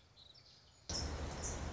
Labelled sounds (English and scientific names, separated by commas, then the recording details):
Song Sparrow (Melospiza melodia)
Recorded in Sonoma County, California